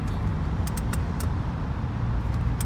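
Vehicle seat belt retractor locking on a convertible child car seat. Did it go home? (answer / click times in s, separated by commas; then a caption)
yes / 0.7 s, 0.8 s, 0.9 s, 1.2 s, 2.6 s. A vehicle seat belt, pulled across and held so it doesn't loosen while a Graco convertible child car seat is installed, has its retractor take up slack over a steady low rumble. Short, sharp clicks sound at 0.7, 0.8, 0.9, 1.2 and 2.6 seconds. The belt tightens on its own and locks tight, seating the car seat.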